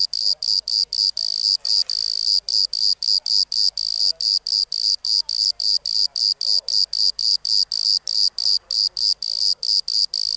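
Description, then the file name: Bordeaux cricket song with high-pitched chirps in quick regular succession, about four a second. "Modicogryllus bordigalensis"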